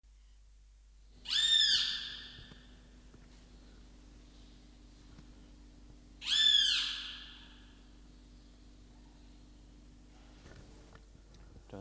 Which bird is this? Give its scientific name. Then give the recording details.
Furnarius leucopus. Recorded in captivity. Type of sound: call. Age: adult. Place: Zoo Berlin, Berlin, DE. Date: 1997-11-22 10:58. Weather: overcast, ca.1°C. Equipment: Nagra SN, Kopie Uher 4000 Report Monitor. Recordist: Tembrock, Günter. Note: Zwei Rufe